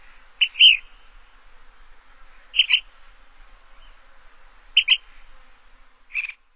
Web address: Songs of Birds of North America Stokes. Ash-throated Flycatcher